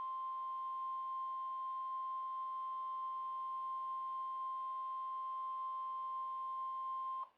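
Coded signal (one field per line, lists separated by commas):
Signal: Emergency Alert System (SAME) tones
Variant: 1050 Hz attention tone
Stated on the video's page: Severe Thunderstorm Warning EAS activations from NWS Milwaukee/Sullivan, captured off a Midland WR120BEZ weather radio with a phone voice recorder beside it.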